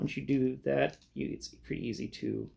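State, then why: Not seated. Plastic parts of a transforming toy robot are handled after swapping the chest and arm sections, being pressed into car mode while someone talks. Nothing has seated or clicked yet; the parts are still being handled before they snap into place.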